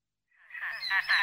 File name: svasso maggiore